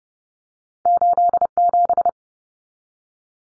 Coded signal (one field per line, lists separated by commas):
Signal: Morse code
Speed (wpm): 30 wpm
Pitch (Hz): 700 Hz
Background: none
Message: 87